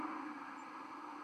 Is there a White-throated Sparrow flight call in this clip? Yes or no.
no